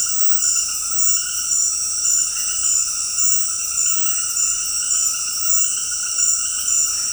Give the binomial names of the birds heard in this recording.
none